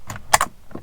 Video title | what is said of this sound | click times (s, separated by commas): Carbon Fiber Tesla Model Y Steering Wheel! Self Install Walkthrough | but i heard them all snap we'll go ahead and press on all three make sure we're good | 0.1 s, 0.3 s, 0.4 s